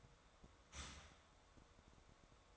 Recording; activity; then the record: daily activity, microphone in the room; start toaster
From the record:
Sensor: 3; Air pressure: 1014.7 hPa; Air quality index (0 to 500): 195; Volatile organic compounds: 23 ppm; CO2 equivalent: 2787 ppm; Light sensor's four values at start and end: 4/11/4/4 and 4/11/4/4